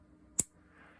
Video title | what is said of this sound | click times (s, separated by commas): Leatherman Bond Review | it's still going to snap back | 0.4 s